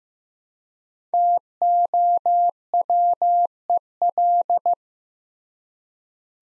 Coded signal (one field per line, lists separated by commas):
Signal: Morse code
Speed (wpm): 15 wpm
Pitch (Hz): 700 Hz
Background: none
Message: TOWEL